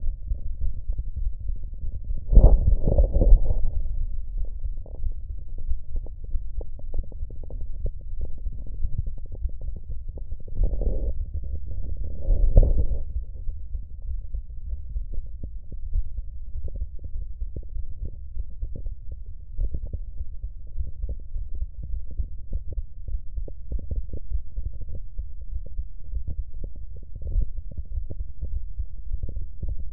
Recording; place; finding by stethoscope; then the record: heart sounds by stethoscope; tricuspid valve (TV); normal heart sounds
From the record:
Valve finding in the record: tricuspid regurgitation, grade 0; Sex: female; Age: 40 years